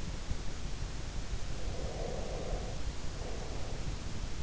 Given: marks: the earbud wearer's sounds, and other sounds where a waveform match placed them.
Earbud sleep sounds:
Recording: sounds in sleep by an in-ear microphone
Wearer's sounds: breath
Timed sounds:
1.56-4.16 s: breath

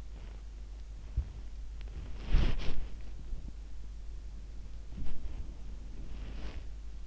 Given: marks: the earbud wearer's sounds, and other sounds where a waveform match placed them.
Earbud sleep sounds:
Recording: sounds in sleep by an in-ear microphone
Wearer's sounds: body movement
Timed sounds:
1.19-2.99 s: body movement
4.74-6.94 s: body movement

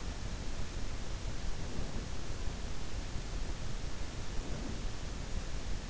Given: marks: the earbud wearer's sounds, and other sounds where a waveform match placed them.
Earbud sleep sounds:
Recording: sounds in sleep by an in-ear microphone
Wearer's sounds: breath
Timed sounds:
1.48-2.06 s: breath
4.43-5.05 s: breath

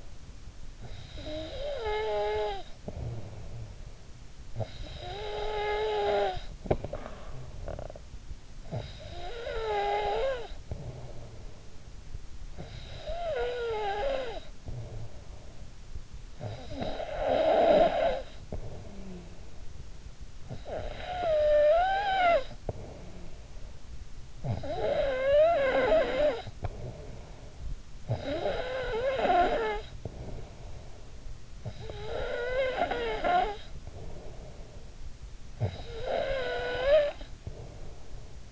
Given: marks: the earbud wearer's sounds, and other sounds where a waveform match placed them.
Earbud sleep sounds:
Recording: sounds in sleep by an in-ear microphone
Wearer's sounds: snoring breath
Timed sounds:
0.00-38.52 s: snoring breath

